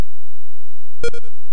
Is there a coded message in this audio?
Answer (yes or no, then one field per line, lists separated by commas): no